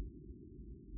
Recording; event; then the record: neck accelerometer signal played as sound; no cough (speech, laughter, throat clearing or background)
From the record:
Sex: female